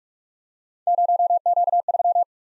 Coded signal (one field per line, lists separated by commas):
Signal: Morse code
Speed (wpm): 42 wpm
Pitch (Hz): 700 Hz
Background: none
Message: 0Q3